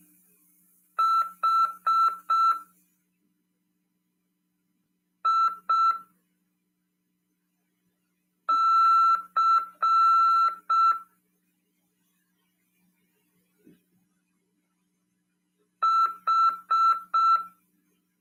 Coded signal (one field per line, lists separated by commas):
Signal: Morse code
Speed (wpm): 6 wpm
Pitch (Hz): 1340 Hz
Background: none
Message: H I C H